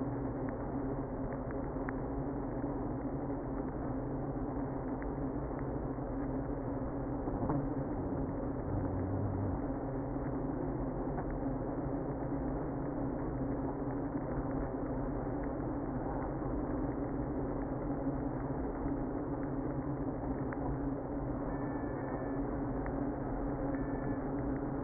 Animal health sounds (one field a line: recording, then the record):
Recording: honeybee colony, microphone inside the hive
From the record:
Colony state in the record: queenless (queen removed)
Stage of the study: after two queens were removed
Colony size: about 60,000 bees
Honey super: yes